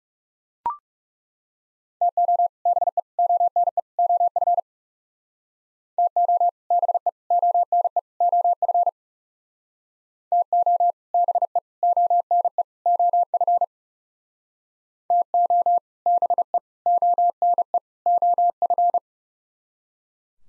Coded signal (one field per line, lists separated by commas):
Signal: Morse code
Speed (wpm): 37 wpm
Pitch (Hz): 700 Hz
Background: none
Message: TO BE ONE OF TO BE ONE OF TO BE ONE OF TO BE ONE OF